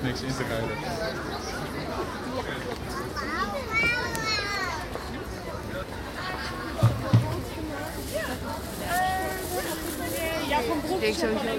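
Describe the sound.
A busy market with many voices talking at once, overlapping, including children's higher voices rising around four seconds and again near nine. The crowd murmur stays steady throughout, with a couple of brief knocks just before seven seconds.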